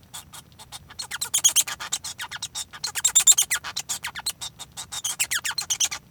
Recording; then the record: song of a male Bengalese finch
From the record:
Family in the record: son of father 1